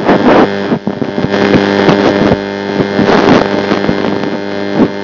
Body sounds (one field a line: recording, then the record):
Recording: brain microelectrode recording played as sound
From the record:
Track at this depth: outside the subthalamic nucleus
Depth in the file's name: 0.006 mm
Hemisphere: left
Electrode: 3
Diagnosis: Parkinson's disease